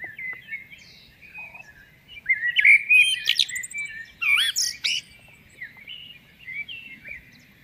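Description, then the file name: Common blackbird song: several fluty, warbled phrases, some ending in thin high squeaky twitters, separated by short pauses. "Turdus merula"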